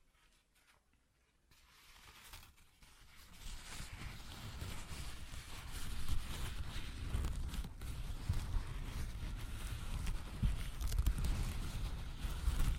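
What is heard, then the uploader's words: Paper is slowly ripped and torn, starting almost silent and building over the first few seconds into a steady, dense crackling. The tearing grows louder from about six seconds, with rough low scraping and a few sharper rips near the end. ASMR Paper Ripping Tearing Sounds (No Talking).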